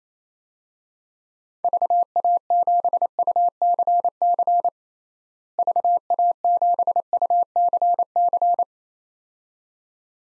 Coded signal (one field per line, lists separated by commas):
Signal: Morse code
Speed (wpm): 28 wpm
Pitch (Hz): 700 Hz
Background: none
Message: VA7UCC VA7UCC